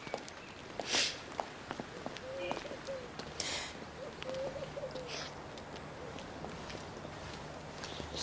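Footsteps of a person walking to a door in the morning, at an uneven pace, each step a soft, short knock, with one louder scuff early on and a faint background hiss throughout.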